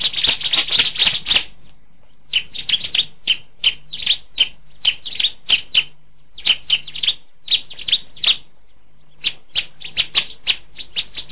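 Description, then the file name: Bar-winged Prinia giving quick, sharp chirps, a crowded flurry at the start, then spaced notes in a fairly steady series. "ciblek"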